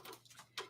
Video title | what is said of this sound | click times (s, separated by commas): SMP Virtual Sew Fest Day 4 | and it just locks in place | 0.6 s